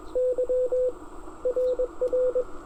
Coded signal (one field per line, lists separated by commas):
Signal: Morse code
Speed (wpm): 18 wpm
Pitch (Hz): 500 Hz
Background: radio noise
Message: Y RR